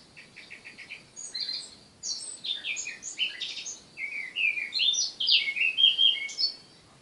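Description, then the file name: Eurasian blackcap song: a soft series of quick repeated chattering notes, then a loud, varied warble of rich, fluty phrases rising and falling, ending abruptly. "Sylvia atricapilla"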